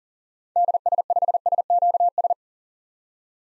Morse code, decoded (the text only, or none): DS5SQS